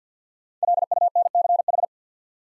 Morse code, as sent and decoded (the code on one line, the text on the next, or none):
.-.. ..- -. -.-. ....
LUNCH